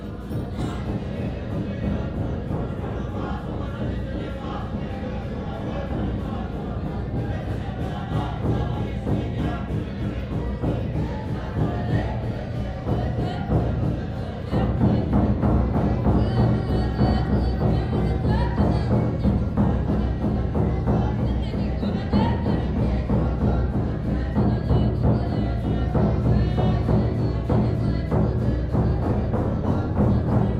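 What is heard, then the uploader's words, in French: Young monks chant prayers together in a dense, steady drone of low voices, with rhythmic beats throughout that grow louder after about fifteen seconds. Prières de jeunes moines, Namo Buddha. Un monastère perché sur une colline non loin de Panauti, à l'est de Kathmandu. Ici, ce sont de jeunes moins en cours de formations. Ils ont entre 5 ou 6 ans (au jugé) et 16/17 ans.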